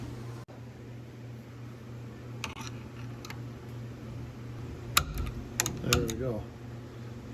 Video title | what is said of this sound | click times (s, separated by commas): Squarebody GM steering column COMPLETE rebuild STEP-BY-STEP. | so that just snapped in place | 5.0 s